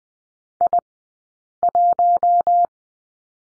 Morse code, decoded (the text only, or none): I1